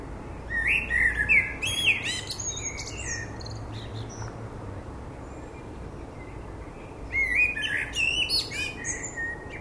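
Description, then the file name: Common blackbird song: a rich warbled phrase with squeaky high flourishes in the first three seconds, a pause, then another fluting phrase and twitter near the end. "Turdus merula"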